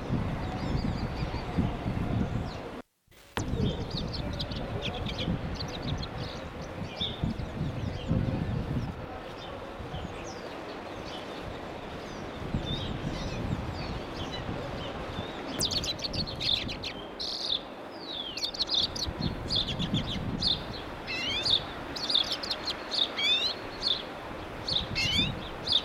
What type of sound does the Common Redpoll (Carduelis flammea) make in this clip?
call